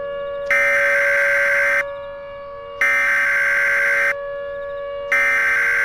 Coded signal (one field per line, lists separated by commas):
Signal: Emergency Alert System (SAME) tones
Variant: header bursts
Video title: "CAMP CLOVIS" - An EAS Scenario